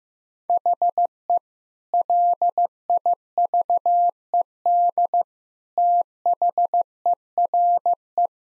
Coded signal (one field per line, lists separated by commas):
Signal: Morse code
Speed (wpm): 15 wpm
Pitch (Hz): 700 Hz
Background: none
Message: HE LIVED THERE